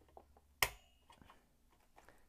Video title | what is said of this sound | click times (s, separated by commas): How to remove Intel CPU and heatsink | you'll hear it pop okay | 0.6 s